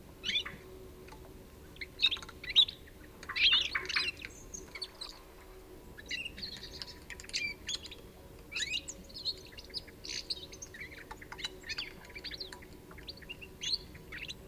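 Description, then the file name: European goldfinch calls: bursts of high, tinkling chirps and twitters in irregular clusters, with a brief lull, over a steady low background hum. "Carduelis carduelis"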